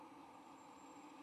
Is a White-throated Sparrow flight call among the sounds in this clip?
no